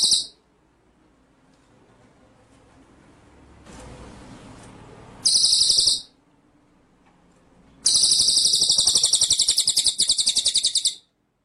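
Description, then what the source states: White-rumped shama song: two brief high trill bursts separated by hiss, then after more hiss a longer high rolling trill of fast, even pulses. Masteran training song in rolling, shooting style (ngerol nembak).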